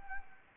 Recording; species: mosquito wingbeat signal from an infrared sensor; Anopheles gambiae